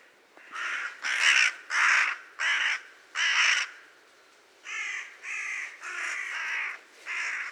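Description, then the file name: Carrion crow calling with rough, grating caws, five in quick succession, a short pause, then several more, quieter caws in a steady series. "Corvus corone"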